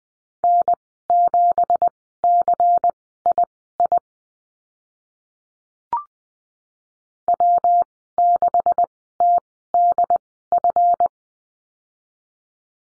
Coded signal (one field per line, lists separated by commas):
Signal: Morse code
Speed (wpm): 20 wpm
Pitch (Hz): 700 Hz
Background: none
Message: N7CII W6TDF